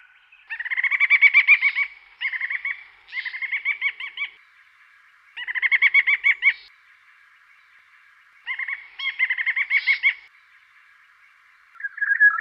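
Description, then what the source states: Olive-backed oriole giving rich, rolling warbled phrases, repeated with pauses between them. Garden bird recorded in Canberra, Australia.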